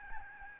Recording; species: mosquito wingbeat signal from an infrared sensor; Aedes albopictus